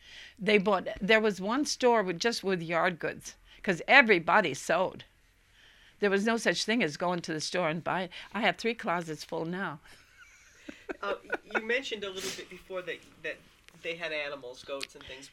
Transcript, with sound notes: They bought, there was one store just with yard goods, because everybody sewed. There was no such thing as going to the store and buying. I have three closets full now. ( she laughs )
You mentioned a little bit before that they had animals, goats and things.